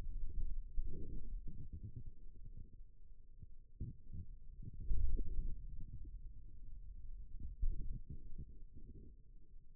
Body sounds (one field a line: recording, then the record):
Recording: forearm muscle sounds (acoustic myography)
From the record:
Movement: ulnar deviation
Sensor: system 2, bracelet of six BSWA MPA416 microphones around the upper forearm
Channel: 4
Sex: male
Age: 22 years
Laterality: right